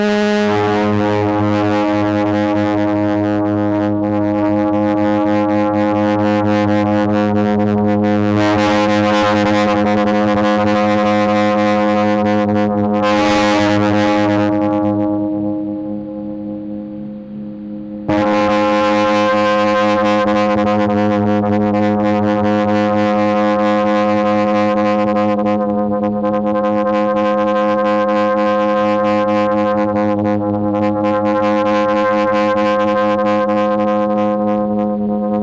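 A loud siren blares a steady, buzzy tone with a low drone and many stacked overtones, its pitch holding nearly level. Around fifteen seconds it fades and thins out, then cuts back in abruptly near eighteen seconds and sounds on steadily to the end.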